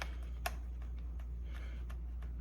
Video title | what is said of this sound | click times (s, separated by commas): DME Holster Update | and if you look once it locks into place | 0.5 s